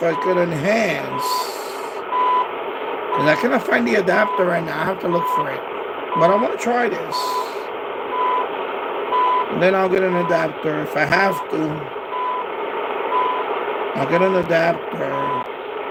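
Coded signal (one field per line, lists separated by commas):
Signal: none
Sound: truck reversing beeps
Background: speech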